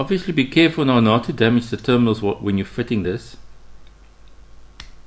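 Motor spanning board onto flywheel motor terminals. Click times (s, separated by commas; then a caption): 4.8 s. Someone talks for about three seconds, then a small motor spanning board is pressed onto the flywheel motor terminals. It seats with one sharp click at 4.8 s.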